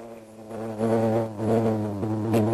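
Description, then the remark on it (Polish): A wild black bee in Poland, a large, gentle, warmth-loving bee with shiny metallic body and two pairs of violet wings, buzzes steadily for a couple of seconds, a deep, rich drone whose pitch wavers slightly and whose loudness swells after the first moments, with no voices. “Dzikie, czarne pszczoły o dość groźnym wyglądzie jakiś czas temu uznano u nas za wymarłe, a pojawienie się ich w tym roku można więc uznać za sporą niespodziankę, gdyby nie to, że do Polski wracają ostatnio nie tylko czarne pszczoły.”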